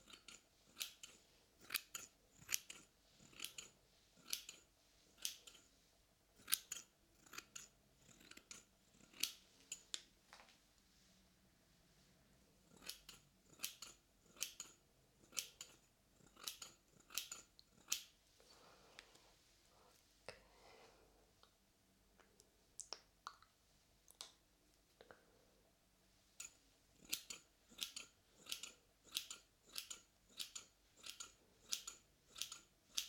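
Scissors snip in quick, regular runs, each cut a sharp, bright click-and-slide. The snipping comes in bursts with short pauses, thins out and softens around the twenty-second mark, then returns in a fast, even series through the end.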